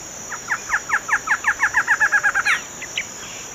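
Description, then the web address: Barred antshrike song: a run of many nasal notes that speed up and climb slightly, ending in an emphatic higher note followed by two faint notes, with a steady high whine throughout. Male song, in the Eastern Lowlands of South America. "Natures Songs S America Eastern Lowlands. Thamnophilus doliatus, song male"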